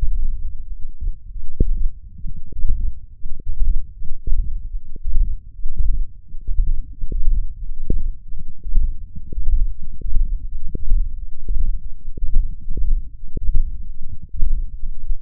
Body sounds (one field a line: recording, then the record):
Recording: forearm muscle sounds (acoustic myography)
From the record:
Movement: hand opening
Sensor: system 1, eight BSWA MPA416 microphones around the upper forearm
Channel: 8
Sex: male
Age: 21 years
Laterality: right